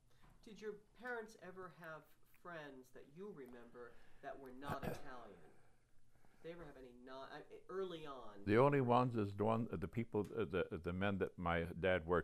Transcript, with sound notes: Did your parents ever have friends that you remember that were not Italian? [clears throat] Did they ever have any — n — early on?
The only ones is one — the people, the — the men that my dad worked with.